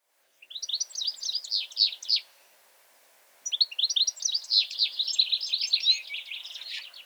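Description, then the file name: European goldfinch twittering in two dense bursts of quick, tinkling, high notes, the first lasting under two seconds, a short silence, then a longer run. "Carduelis carduelis"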